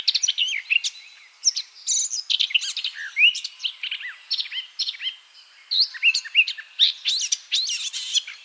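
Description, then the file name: Eurasian blackcap song, a rich, rambling warble of quick slurred whistles and chatters, delivered in bursts with brief gaps throughout. "Sylvia atricapilla"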